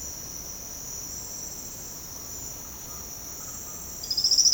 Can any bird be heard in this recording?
yes